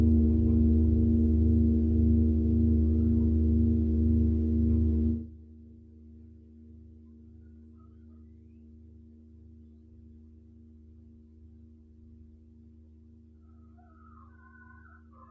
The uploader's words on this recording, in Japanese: メキシコから シンギングボウルのサウンドヒーリング ライブ。